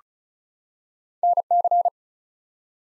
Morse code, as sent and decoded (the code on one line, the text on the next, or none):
-. -.-.
NC